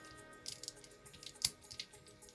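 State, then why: Seated. A plastic panel on a Fans Toys FT-54 Warthog (Powerglide) transforming robot toy is folded over and pushed into the toy body. Several small plastic ticks and handling noises come before a sharp click at 1.4 s, when the panel locks into place. It is confirmed seated.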